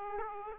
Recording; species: mosquito wingbeat signal from an infrared sensor; Aedes aegypti